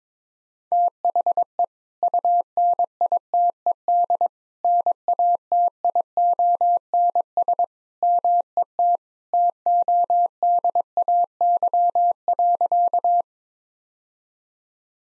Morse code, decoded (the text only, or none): THE UNITED NATIONS MET TODAY.